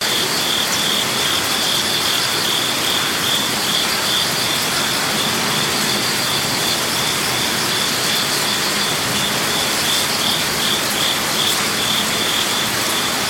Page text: Zen Garden Night Crickets Japan. amb crickets water rush Zen Garden Kyoto Japan: Zen garden with water feature. Kyoto, Japan. Crickets, cicadas, light water rush